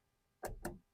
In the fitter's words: that and now you're gonna push in on this side to click in place okay